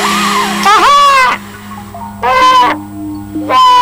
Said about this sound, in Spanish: Sonido de los pájaros, muchos pájaros carilerense.